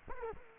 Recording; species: mosquito wingbeat signal from an infrared sensor; Culex quinquefasciatus